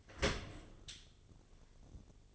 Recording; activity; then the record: daily activity, microphone in the room; open dishwasher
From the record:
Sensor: 4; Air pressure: 1007.5 hPa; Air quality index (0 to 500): 200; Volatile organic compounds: 7 ppm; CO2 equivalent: 1990 ppm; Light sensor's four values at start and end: 22/70/27/26 and 22/70/27/26